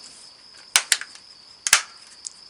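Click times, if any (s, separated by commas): 0.8 s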